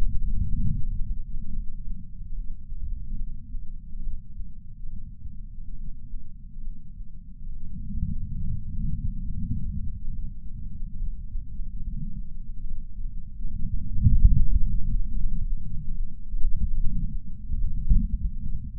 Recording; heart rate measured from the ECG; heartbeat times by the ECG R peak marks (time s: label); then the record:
heart sounds by patch sensor on the chest; 71 bpm
0.71 s: heartbeat
1.51 s: heartbeat
2.33 s: heartbeat
3.16 s: heartbeat
4.01 s: heartbeat
4.87 s: heartbeat
5.75 s: heartbeat
6.61 s: heartbeat
7.50 s: heartbeat
8.38 s: heartbeat
9.24 s: heartbeat
10.11 s: heartbeat
10.96 s: heartbeat
11.80 s: heartbeat
12.65 s: heartbeat
13.48 s: heartbeat
14.32 s: heartbeat
15.13 s: heartbeat
15.95 s: heartbeat
16.76 s: heartbeat
17.57 s: heartbeat
18.39 s: heartbeat
From the record:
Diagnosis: coronary artery disease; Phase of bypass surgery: preoperative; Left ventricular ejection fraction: 52.3%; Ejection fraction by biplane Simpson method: 38%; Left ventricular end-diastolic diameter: 62 mm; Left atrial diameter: 45 mm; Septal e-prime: 4 cm/s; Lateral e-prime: 7 cm/s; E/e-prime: 12.2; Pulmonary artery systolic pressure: 24 mmHg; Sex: male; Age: 61 years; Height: 174 cm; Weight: 80 kg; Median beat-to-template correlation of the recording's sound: 0.91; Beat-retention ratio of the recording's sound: 0.97